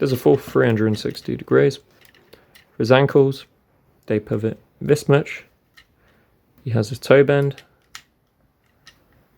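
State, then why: Seated. Someone talks while handling a plastic Transformers Studio Series 86 Commander Class Optimus Prime action figure, folding its ankle so the tab goes into its vehicle-mode slot. A sharp click at about 8.0 s marks the ankle tab seating into place, followed by a few faint ticks.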